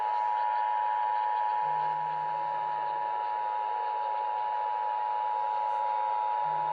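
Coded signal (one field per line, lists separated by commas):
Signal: Emergency Alert System (SAME) tones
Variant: 853 and 960 Hz attention tone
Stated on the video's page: Required monthly test relayed by several Georgia FM and AM radio stations.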